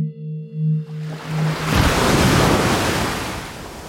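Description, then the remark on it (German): A low, steady humming tone gives way to a loud, roaring wash of ocean surf that swells up and rolls on in a continuous hiss, with no voices. “Niemand bestreitet, dass die Brandung des Meeres und der Strahl eines Wasserfalls die Luftsäule erzittern lassen und unser Gehör in Schwingungen versetzen.”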